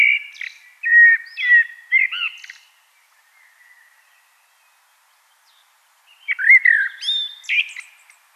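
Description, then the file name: Common blackbird song: two phrases of warbled, mellow whistles with high squeaky trailing notes, divided by a few seconds of near silence. "Turdus merula"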